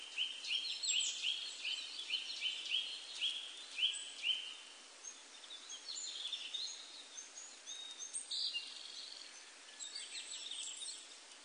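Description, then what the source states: Willow tit song: a steady series of even, slightly slurred whistled notes, about two per second, for several seconds, with other birds twittering and chirping higher above. Recorded 12 April 1998.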